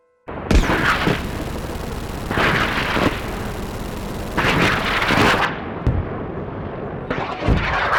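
Loud bursts of gunfire and booming artillery explosions from a battle roll one after another over a steady rumbling din, with sharp cracks and heavy blasts recurring every second or two, no voices present.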